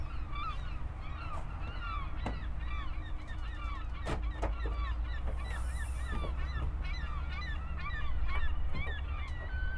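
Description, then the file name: Gulls calling, many overlapping mewing and yelping calls throughout, with a steady low rumble of background noise beneath. Recorded 7 August 2008. "20080807 Seagulls"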